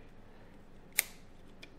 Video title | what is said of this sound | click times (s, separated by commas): How to FIX PS5 Controller Stick Drift & Moving on its own (Best Method) | and you'll hear a click when it's popped in all the way there's | 1.0 s